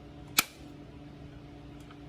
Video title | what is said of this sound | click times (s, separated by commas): Complete Timing Chain Replacement on 2013 L405 Range Rover Supercharged | There's positive pressure, and we'll listen for the click. | 0.4 s